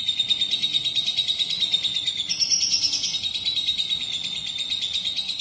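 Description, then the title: Lovebird song: dense, rapid high chatter with a faint steady whistle-like tone running through it, unbroken from start to finish. "Suara Burung Lovebird"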